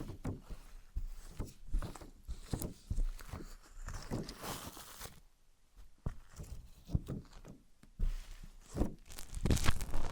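Objects of wood, cork, sponge, foam, glass and plastic are handled and knocked together in irregular bursts of taps, scrapes and rustles. Activity thins to a brief lull around five to six seconds, then builds again, with sharper, brighter clacks near the end.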